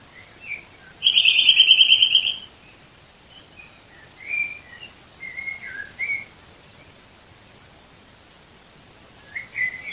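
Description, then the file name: Eurasian nuthatch giving a rapid, even trill of high notes lasting about a second and a half, followed by scattered single chirps. "Sitta europaea"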